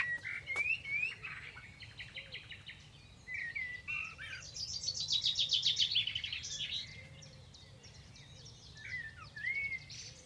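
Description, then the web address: Bird calls and song: whistled rising slurs and chips, then a dense high chattering trill midway, followed by further scattered whistles, with a low steady hum throughout. "Deverinetal. Bird Only"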